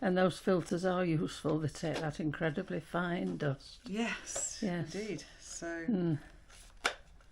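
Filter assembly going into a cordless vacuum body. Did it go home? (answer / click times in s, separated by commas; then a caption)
yes / 6.9 s. A filter assembly is refitted into a Kalado KCV01 cordless stick vacuum body and twisted while someone talks. A sharp click at 6.9 s marks the filter locking into place.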